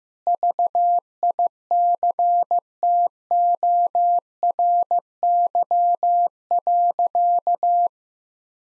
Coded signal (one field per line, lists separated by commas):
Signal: Morse code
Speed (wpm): 15 wpm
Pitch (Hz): 700 Hz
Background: none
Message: VICTORY.